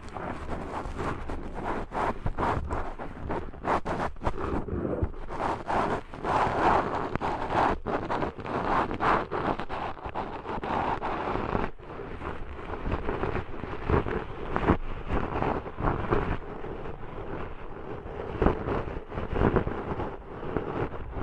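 Intense ear cleaning sounds: a dense, constant rubbing rumble against the microphone, broken by frequent sharp scratchy clicks and crackles throughout.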